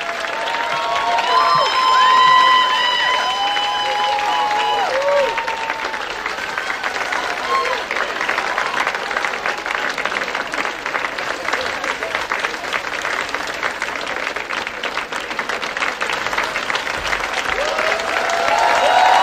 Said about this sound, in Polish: Gromkie brawa słyszymy i mamy nadzieję na to, że za chwilę zespół na scenie się pojawi.